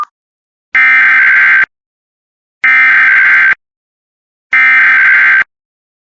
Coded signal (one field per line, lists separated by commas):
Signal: Emergency Alert System (SAME) tones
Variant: header bursts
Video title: 100 EAS CATCHES!!!!! Arizona 911 Telephone Outage Emergency for cell coverage challenges (EAS 100)